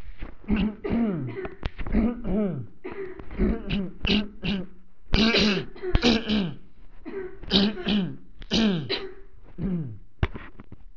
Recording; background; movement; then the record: throat clearing; a bystander coughing; sitting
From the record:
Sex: male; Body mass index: 20.6 kg/m2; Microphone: on the chest, facing the body